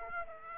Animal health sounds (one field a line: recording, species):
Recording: mosquito wingbeat signal from an infrared sensor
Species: Aedes aegypti